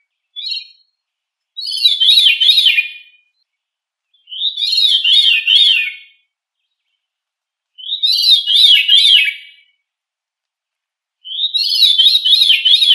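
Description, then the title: Thrush singing: bright, rapidly warbled phrases of zigzagging up-and-down notes, each lasting one to two seconds, repeated with clean pauses between. "Familia Turdidae - Sabia"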